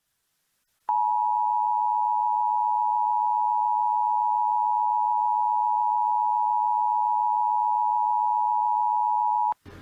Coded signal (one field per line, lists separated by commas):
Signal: Emergency Alert System (SAME) tones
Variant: 853 and 960 Hz attention tone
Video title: EAS Required Monthly Test New York City, New York 1010 WINS/WFAN-AM +WeatherSTAR4000